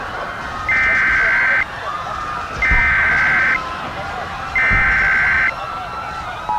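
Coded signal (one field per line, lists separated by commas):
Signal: Emergency Alert System (SAME) tones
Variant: header bursts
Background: speech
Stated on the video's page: Fictional EAS scenario.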